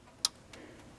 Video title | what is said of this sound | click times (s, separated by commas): How to Replace OIL PRESSURE SENSOR FIX Code P0520 Chrysler Town and Country 2011-2016 Sending Unit | now we take the clip and we're going to push it back on and we're going to push till we hear it click there | 0.2 s